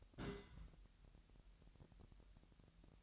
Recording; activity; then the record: daily activity, microphone in the room; place on stove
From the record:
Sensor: 3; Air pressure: 1001.9 hPa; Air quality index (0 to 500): 244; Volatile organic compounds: 46 ppm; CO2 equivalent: 3247 ppm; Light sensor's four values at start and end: 6/15/6/6 and 6/15/6/6